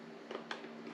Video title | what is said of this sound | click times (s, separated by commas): Sena Install/ Motovlogging Setup | Clicks right into place. | 0.5 s